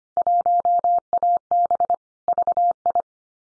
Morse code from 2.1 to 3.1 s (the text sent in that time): VI